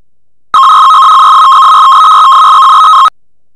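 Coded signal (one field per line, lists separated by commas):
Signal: 300-baud modem data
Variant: Bell 103, 300 baud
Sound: a 2.5-second burst of rapid, warbling two-tone chirping, like a buzzy trill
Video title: minimodem - general-purpose software audio FSK modem for GNU/Linux systems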